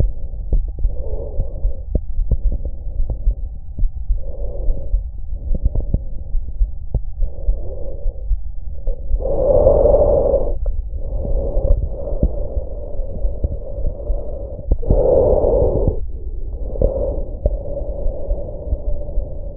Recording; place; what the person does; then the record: lung sounds by stethoscope; trachea; quiet breathing, then deep breathing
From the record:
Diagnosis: asthma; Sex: female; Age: 66 years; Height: 172 cm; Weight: 76 kg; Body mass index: 25.7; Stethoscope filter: extended mode